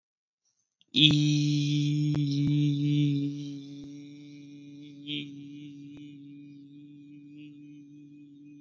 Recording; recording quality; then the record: sustained vowel as in beet; excellent, no background noise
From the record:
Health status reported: COVID-19 positive, mild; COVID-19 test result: positive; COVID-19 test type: RT-PCR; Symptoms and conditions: cough, cold, fever, fatigue, muscle pain, loss of smell and taste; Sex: male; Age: 27 years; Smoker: no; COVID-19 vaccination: both doses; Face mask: not worn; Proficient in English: yes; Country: India